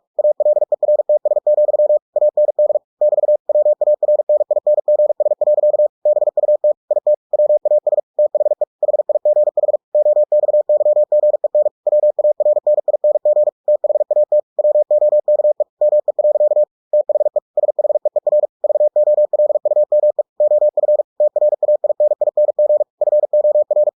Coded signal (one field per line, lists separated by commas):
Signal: Morse code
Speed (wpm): 46 wpm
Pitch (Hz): 600 Hz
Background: none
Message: ALERTS, AND <BT> WARNINGS. BUT IT WAS THE HIGH OXYGEN WARNING THAT WOKE ME. THE SHEER VOLUME OF TRAINING FOR